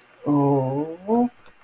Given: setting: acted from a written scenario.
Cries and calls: vocal sound without words; romantic love

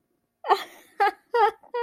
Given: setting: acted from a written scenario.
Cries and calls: vocal sound without words; positive surprise

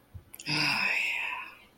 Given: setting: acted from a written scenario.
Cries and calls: vocal sound without words; serenity

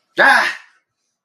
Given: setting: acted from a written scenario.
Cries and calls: vocal sound without words; fear

